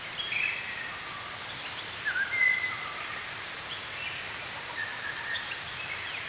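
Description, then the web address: Birds singing, short whistled notes and slurred phrases scattered throughout over a steady high insect hiss. Morning birdsong in a forest. "Dr Sound Effects. Morning Birds Singing In a Forest"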